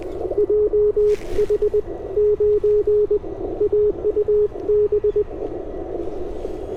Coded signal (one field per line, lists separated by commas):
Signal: Morse code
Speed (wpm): 20 wpm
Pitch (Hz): 420 Hz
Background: none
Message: JH9AUB